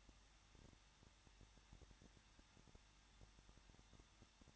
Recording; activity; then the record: daily activity, microphone in the room; no activity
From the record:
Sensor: 3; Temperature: 21.2 degrees Celsius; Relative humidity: 36.3%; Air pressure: 1006.3 hPa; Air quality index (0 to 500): 222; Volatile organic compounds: 41 ppm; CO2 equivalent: 3162 ppm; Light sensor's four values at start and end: 2/3/2/2 and 2/3/2/2